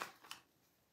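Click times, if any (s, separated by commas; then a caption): none. A second snap fastener part is fitted onto its mating part on lining fabric and pressed, with brief rustling and light tapping handling sounds, the sharpest near the start and around 0.3 s, then near-silence until a faint onset at the very end. Nothing has seated or clicked yet.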